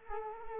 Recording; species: mosquito wingbeat signal from an infrared sensor; Culex quinquefasciatus